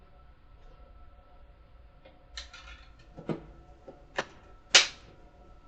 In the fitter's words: All right. That snapped right into place.